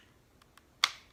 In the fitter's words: you can hear it lock into place there and